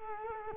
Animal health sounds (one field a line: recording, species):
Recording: mosquito wingbeat signal from an infrared sensor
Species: Culex quinquefasciatus